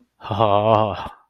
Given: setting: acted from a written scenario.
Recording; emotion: vocal sound without words; adoration